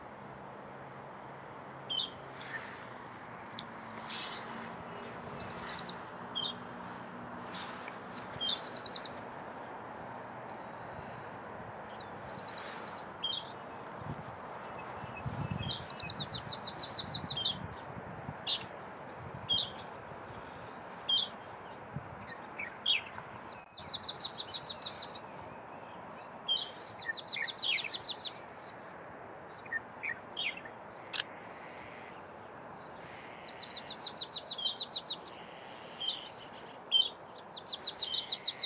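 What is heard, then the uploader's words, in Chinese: Marsh tits call repeatedly through the clip, giving short, bright, buzzy bursts and thin high notes that come every few seconds. A steady low hiss of wind or noise sits underneath, with a few soft low rumbles around the middle. 声音实录 沼泽山雀的叫声。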